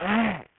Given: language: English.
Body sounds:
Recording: throat vibration sensor signal played as sound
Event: throat clearing

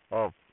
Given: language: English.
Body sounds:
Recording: throat vibration sensor signal played as sound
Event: speech

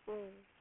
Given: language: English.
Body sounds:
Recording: throat vibration sensor signal played as sound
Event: speech

